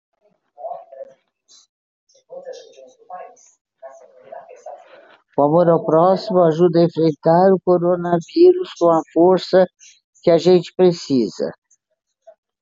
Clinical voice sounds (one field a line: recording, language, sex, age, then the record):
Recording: spoken sentence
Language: Brazilian Portuguese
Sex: female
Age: 80 to 89 years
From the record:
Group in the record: control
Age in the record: 80 years